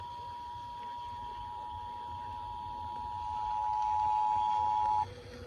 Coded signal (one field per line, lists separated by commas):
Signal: Emergency Alert System (SAME) tones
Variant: 853 and 960 Hz attention tone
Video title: EAS #824 - Child Abduction Emergency (AM/FM)